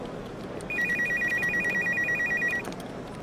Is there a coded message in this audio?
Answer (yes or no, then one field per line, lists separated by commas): no